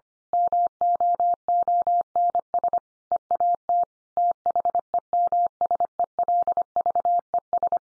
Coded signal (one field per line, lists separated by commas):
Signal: Morse code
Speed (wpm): 25 wpm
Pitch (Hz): 700 Hz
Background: none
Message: MOONS EAT THEMSELVES